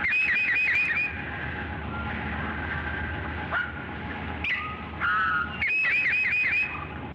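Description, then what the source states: Towhee song, slowed down: clusters of short slurred whistles, then longer steady whistled tones, with scattered clicks and a low background rumble. Slowed down to show how it sounds to the bird; the theme uses intervals of a fourth and a fifth, C, G, D, which the bird varies.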